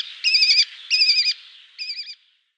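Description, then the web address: Lesser kestrel gives three harsh, nasal rasping calls, the first two longer and loud, the last shorter and softer, then silence. "Schulze Peter Lesser Kestrel"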